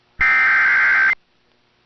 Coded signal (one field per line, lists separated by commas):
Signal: Emergency Alert System (SAME) tones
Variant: header bursts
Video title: WHEN WBAP SCREWS UP... | EAS Alerts from 6/11/2023 (EAS #1911-1925)